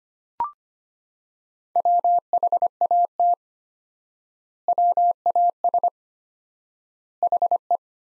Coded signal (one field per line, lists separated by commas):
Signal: Morse code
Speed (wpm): 25 wpm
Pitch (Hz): 700 Hz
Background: none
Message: WHAT WAS HE